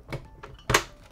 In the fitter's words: and we should hear a nice click